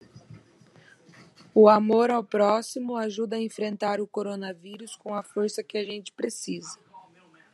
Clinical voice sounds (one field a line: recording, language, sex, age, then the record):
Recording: spoken sentence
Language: Brazilian Portuguese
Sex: female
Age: 30 to 39 years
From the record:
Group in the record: control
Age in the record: 31 years